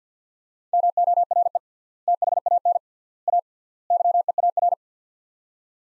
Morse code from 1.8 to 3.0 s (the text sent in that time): THAN